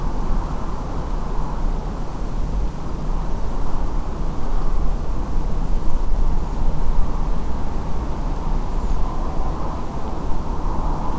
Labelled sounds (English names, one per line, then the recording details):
Redwing
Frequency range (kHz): Redwing 6.2-7.7 kHz
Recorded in France